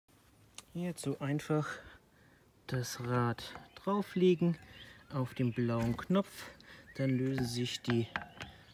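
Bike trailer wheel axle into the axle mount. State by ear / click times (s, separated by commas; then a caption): not seated / none. A wheel is being fitted to a 2019 Thule Chariot Sport Black Edition bike trailer: the blue release button on the wheel hub is pressed so the locking balls release, and the wheel axle is brought to the trailer's axle mount. Someone talks throughout, with a brief sharp tap near 0.6 s. Nothing has seated or clicked yet; the axle has not latched into the mount.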